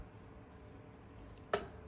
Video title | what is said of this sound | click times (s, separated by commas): Tuto : Création d’un mini badge (25MM) | Donc je mets sur A. Il faut entendre le clic. Si vous entendez le clic, c'est que c'est bon. | 1.5 s